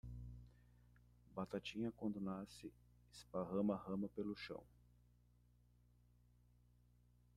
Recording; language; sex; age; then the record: short text; Brazilian Portuguese; male; 40 to 49 years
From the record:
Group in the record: control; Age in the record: 46 years